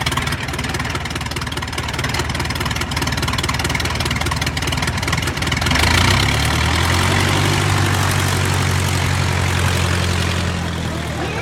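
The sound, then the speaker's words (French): A small white twin-engine propeller plane, a Fairchild 227 in Uruguayan Air Force colours, idles at Montevideo airport around 7:30 a.m. on 12 October 1972 with a loud, steady rumbling drone; about halfway through, a deeper throbbing hum with layered tones comes in and holds, as if the engines settle into a new pitch. “Vers 7h30 du matin, un groupe de voyageurs s'apprête à monter dans un petit avion bimoteur blanc, couleur de la force aérienne uruguayenne.”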